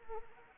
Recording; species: mosquito wingbeat signal from an infrared sensor; Anopheles arabiensis